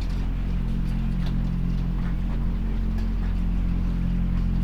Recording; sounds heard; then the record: poultry house recording; sick chickens (respiratory disease)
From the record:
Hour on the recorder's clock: 23